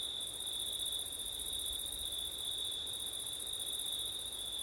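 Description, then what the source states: Cricket song forms a dense, steady high-pitched trill with a second, higher layer that drops out briefly, over a soft background of wind. Crickets on a September night, with wind; ortif (ORTF) microphone setup.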